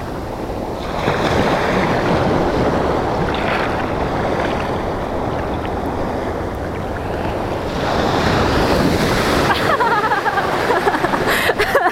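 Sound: ocean waves crashing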